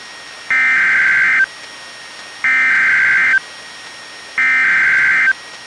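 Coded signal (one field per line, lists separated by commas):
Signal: Emergency Alert System (SAME) tones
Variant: header bursts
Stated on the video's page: NWR practice/demo tones from WXM62 and KEC91, received on Reecom R-1630 and Midland WR-120EZ weather radios, recorded via Zoom H1 and an MP3 player's built-in mic.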